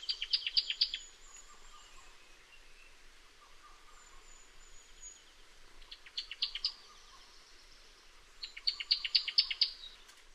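Newtonia repeats rapid high trills in three bursts, with long thin whistles and softer lower notes heard between them.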